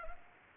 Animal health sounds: mosquito wingbeat signal from an infrared sensor; Aedes aegypti

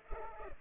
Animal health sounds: mosquito wingbeat signal from an infrared sensor; Culex pipiens

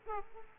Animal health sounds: mosquito wingbeat signal from an infrared sensor; Aedes aegypti

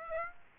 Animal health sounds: mosquito wingbeat signal from an infrared sensor; Aedes aegypti

